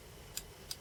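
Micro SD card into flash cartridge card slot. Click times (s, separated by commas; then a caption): 0.4 s, 0.7 s. A micro SD card is pushed by fingernail into the push-push spring socket of a flash cartridge's card slot. Two short, sharp clicks are heard at 0.4 s and 0.7 s over a low background hum. The card clicks in and latches, seated.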